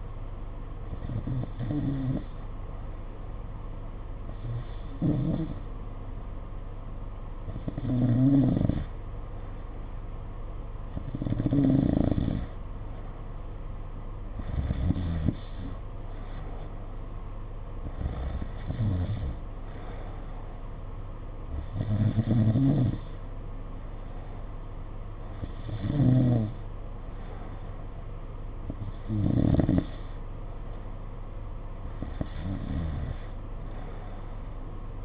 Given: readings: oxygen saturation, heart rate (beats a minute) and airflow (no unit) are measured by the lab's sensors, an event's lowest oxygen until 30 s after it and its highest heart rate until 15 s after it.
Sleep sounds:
breathing in sleep by a smartphone at the bedside; 1
3.00-17.90 s: hypopnea (N2, oxygen 92% highest, then 89% lowest, heart rate 60 at the start, 62 highest)
From the record:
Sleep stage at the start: N2 (light sleep); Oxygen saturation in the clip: 86 to 92%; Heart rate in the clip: 55 to 62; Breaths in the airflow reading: 10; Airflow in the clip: -4.6 to 5.4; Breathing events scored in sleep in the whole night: 476 in 9.7 hours asleep

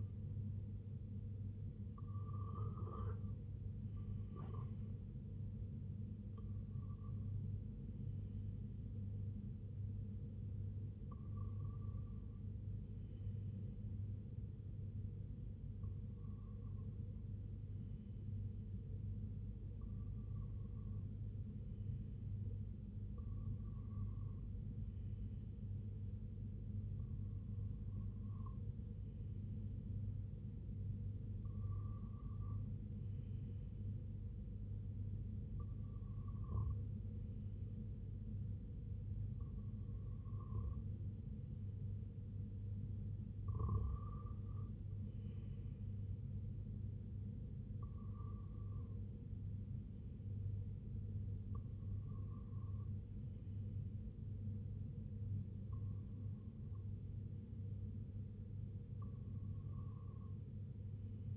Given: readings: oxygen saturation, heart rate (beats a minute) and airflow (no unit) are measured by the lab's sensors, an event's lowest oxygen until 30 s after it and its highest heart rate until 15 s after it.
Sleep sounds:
breathing in sleep by a smartphone at the bedside; none
none scored
From the record:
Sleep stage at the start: REM sleep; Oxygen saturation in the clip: 95 to 96%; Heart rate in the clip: 67 to 83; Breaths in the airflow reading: 15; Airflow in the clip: -6.2 to 2.8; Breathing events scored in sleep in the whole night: 258 in 7.4 hours asleep

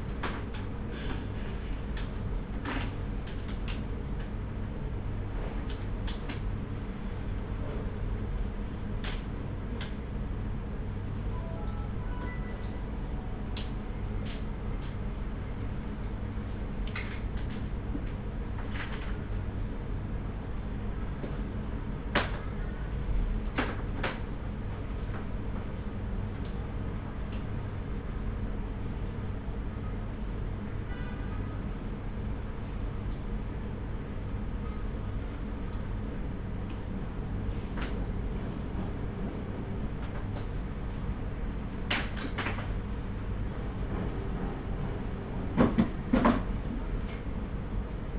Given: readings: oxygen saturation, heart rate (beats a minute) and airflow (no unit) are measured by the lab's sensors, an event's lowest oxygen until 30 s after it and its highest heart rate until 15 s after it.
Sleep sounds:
a person awake in a sleep study, by a smartphone at the bedside; none
0.00-48.19 s: awake
0.00-48.19 s: awake
From the record:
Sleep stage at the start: awake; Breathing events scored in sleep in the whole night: 210 in 6.9 hours asleep

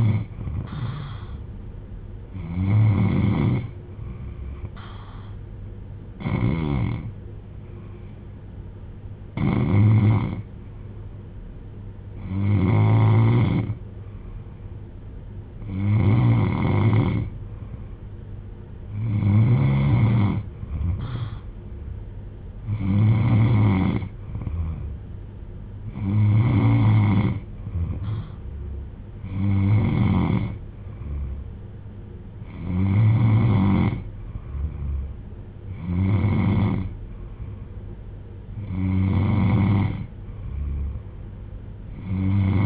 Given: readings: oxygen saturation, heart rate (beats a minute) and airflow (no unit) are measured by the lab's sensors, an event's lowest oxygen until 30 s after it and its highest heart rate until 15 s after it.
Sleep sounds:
breathing in sleep by a smartphone at the bedside; none
18.00-42.66 s: new sleep stage, N3 (deep sleep)
From the record:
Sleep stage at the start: N2 (light sleep); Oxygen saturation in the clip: 93 to 94%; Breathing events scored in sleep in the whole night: 310 in 8.1 hours asleep

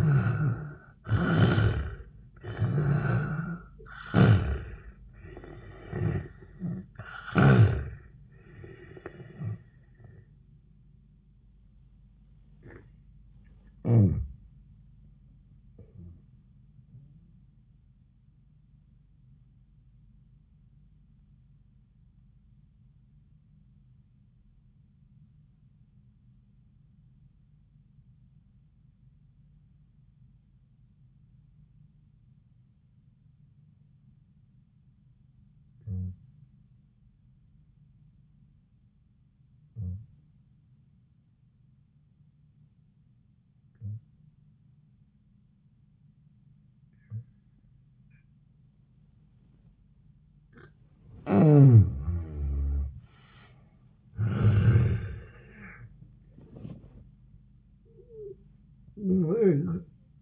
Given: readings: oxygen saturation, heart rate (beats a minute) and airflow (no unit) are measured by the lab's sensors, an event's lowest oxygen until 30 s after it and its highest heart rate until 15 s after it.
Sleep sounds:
breathing in sleep by a smartphone at the bedside; 1
20.00-48.70 s: obstructive apnea (N1, oxygen 97% highest, then 71% lowest, heart rate 88 at the start, 91 highest)
23.00-53.00 s: new sleep stage, N2 (light sleep)
53.00-60.22 s: new sleep stage, awake
55.00-60.22 s: awake
From the record:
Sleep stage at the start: N1 (lightest sleep); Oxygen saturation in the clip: 70 to 97%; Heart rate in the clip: 72 to 91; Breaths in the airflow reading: 5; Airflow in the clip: -24.8 to 24.8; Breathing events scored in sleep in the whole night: 400 in 8.7 hours asleep

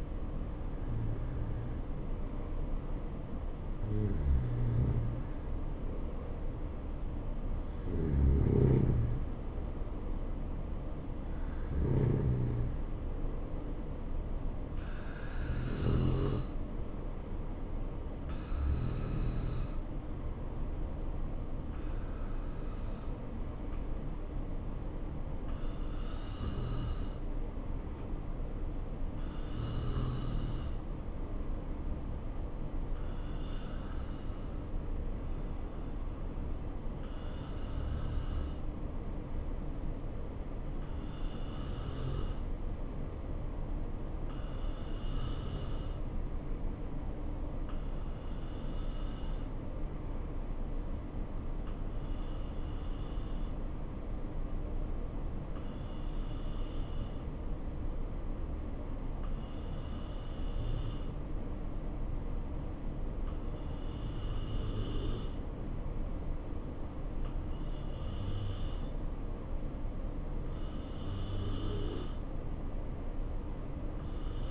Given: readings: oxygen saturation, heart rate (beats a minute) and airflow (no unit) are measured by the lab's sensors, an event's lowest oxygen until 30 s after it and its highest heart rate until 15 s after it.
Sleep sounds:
breathing in sleep by a smartphone at the bedside; none
none scored
From the record:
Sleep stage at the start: N2 (light sleep); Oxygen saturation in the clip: 92 to 94%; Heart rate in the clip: 65 to 73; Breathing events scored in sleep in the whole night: 277 in 7.4 hours asleep

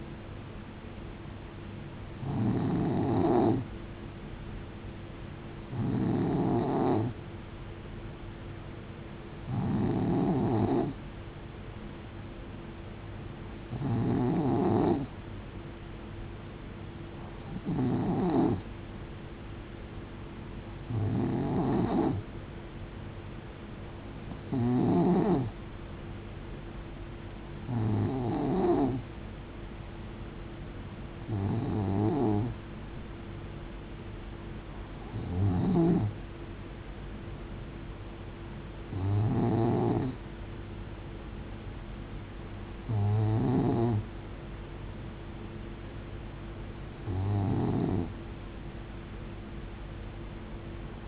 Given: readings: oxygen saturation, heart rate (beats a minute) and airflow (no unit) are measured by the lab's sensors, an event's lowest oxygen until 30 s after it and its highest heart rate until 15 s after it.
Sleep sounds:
breathing in sleep by a voice recorder at the bedside; none
none scored
From the record:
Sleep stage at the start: N2 (light sleep); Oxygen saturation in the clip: 91 to 92%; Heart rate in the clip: 66 to 73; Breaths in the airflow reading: 14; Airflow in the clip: -5.3 to 6.1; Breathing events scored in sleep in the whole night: 389 in 6.3 hours asleep

